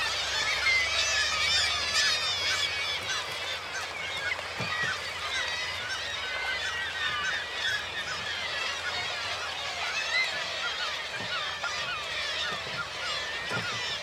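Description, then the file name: Gulls in a dense calling flock, many overlapping mewing and laughing cries with no pause, over a soft low rumble and occasional knocks. Large group of gulls at a marina, with water lapping. "birds seagulls large group marina water lapping"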